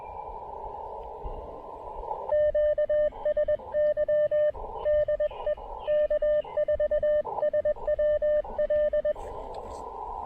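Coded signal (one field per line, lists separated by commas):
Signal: Morse code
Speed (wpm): 20 wpm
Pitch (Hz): 600 Hz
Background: speech, radio noise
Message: QSY DE K4SWL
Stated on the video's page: QRP POTA and SOTA activation with a KX2, operating on 20, 17, 10 and 15 meters.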